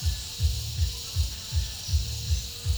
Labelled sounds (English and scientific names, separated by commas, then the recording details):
none
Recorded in pastures near Puerto Asís, Putumayo, Colombia, on 22 December 2024 at 09:30
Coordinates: 0.496, -76.326
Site G004